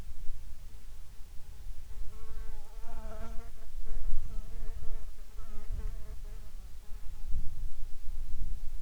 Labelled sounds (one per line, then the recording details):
wind
insects
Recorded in the Arctic National Wildlife Refuge, Alaska, on 10 July 2019 at 18:44
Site 44